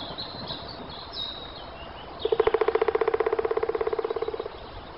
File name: Spillkråka trummar - Dendrocopos martius